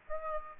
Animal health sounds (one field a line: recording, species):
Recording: mosquito wingbeat signal from an infrared sensor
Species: Aedes aegypti